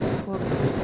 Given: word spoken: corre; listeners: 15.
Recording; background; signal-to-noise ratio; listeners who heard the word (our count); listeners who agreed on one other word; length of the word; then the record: one Spanish word in noise, from a listening test; noise modulated by three-talker babble; -7.5 dB; 0 of 15; 8 of 15; 0.44 s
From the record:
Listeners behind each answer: 8, 2, 2, 1, 1, 1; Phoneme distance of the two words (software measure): 27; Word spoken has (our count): 2 syllables, 4 phonemes, stress on syllable 1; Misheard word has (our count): 2 syllables, 5 phonemes, stress on syllable 1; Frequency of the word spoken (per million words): 27.79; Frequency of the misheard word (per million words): 177.13